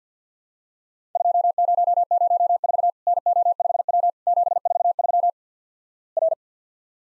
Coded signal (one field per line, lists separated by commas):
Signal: Morse code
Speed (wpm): 50 wpm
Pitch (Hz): 700 Hz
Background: none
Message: 2004 NO5W 743 R